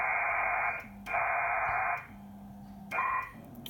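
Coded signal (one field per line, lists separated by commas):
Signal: HF data modem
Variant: PACTOR III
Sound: three harsh, hissy data bursts, each under a second, with short gaps between them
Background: low hum, radio static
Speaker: l'appareil un se connecter à la station belgique que vous entendez le dialogue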